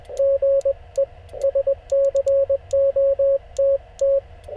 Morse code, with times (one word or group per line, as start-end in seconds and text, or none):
0.2-1.0 GE
1.4-4.2 SCOTT